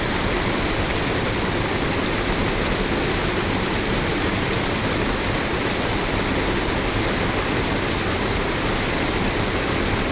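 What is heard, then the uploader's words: Water pours steadily over a waterfall at a wastewater treatment plant, a dense, unbroken rush that holds the same level throughout. The sound fills everything from a deep low rumble to a bright hiss, constant with no separate events. WWTP waterfall. Moulins sur allier.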